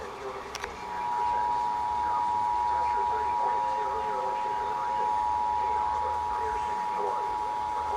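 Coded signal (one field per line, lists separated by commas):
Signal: Emergency Alert System (SAME) tones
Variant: 853 and 960 Hz attention tone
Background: speech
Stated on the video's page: Required monthly tests received off-air from FM and AM broadcast stations, including 710 AM, minutes apart.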